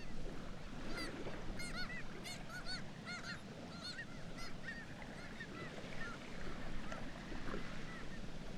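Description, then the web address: Black-legged kittiwake calls, many overlapping nasal, wavering cries repeated rapidly throughout, against a deep continuous background roar. "Black legged kittiwake. صدای-پرنده-کاکایی-پاسیاه"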